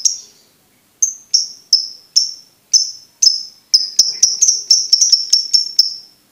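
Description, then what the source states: Lovebird chatter of piercing, short, falling notes that start spaced out and then quicken into a fast, tight run before stopping. Master recording meant for training birds to learn ngekek.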